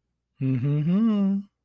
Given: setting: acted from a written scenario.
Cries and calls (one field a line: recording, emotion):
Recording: vocal sound without words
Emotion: romantic love